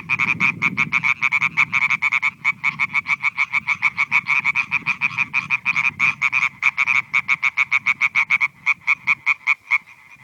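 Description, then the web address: European tree frog calls, loud rapid crek notes repeated in a steady chorus, with a low rumble underneath, strongest at the start. "Viltansou Rainettes. la rainette verte"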